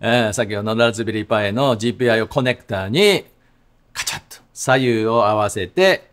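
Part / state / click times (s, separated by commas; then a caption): add-on board into Raspberry Pi GPIO connector / not seated / none. An add-on board is handled at the GPIO connector of a Raspberry Pi, being lined up to push the left and right sides together, while someone talks. A brief handling noise comes in a pause in the talk, around 4.1 s. Nothing has seated or clicked yet; the clip ends before the board goes home.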